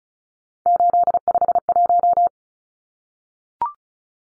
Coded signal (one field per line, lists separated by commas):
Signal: Morse code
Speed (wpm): 34 wpm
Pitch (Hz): 700 Hz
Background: none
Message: 851